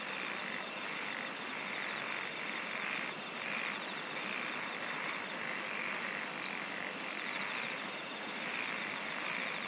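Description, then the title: Insects singing: short, very high buzzy bursts repeat roughly once a second over a steady high whine and a dense chorus lower down. "SINGING OF INSECTS"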